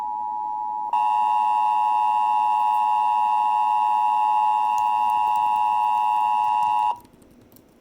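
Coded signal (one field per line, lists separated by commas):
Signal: Emergency Alert System (SAME) tones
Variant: 853 and 960 Hz attention tone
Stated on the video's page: Southern California Amber Alert.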